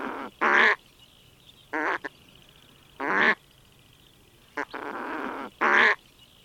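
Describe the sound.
Bird calls: harsh, nasal quacking bursts repeated irregularly, with quiet pauses between them.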